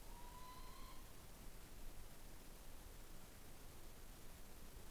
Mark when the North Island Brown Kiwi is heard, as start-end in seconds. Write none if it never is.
none